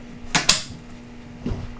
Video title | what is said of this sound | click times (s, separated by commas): My BREN gun is now a ZB-39. | did you hear that click? | 0.4 s, 0.5 s